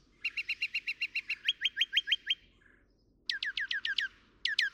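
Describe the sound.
Northern mockingbird song: a fast even trill of clear notes changing to sharper falling whistles, then bursts of steeply dropping whistles repeated quickly.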